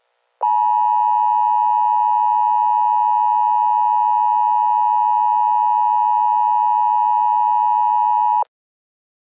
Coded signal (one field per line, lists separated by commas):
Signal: Emergency Alert System (SAME) tones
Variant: 853 and 960 Hz attention tone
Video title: Emergency Alert System Barking Riot Alert